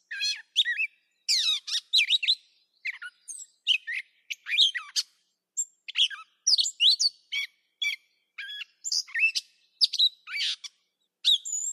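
Catbird song, a long improvised medley of chattering, squeaky and slurred whistled notes, changing phrase after phrase with hardly a break.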